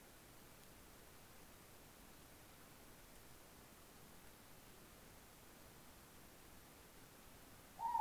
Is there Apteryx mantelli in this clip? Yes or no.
no